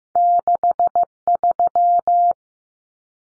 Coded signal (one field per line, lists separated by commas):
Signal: Morse code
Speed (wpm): 15 wpm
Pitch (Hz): 700 Hz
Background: none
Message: 63